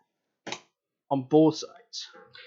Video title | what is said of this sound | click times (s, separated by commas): How To Build A Gaming PC 2020 Build Guide | it down firmly until you hear click on both | 0.5 s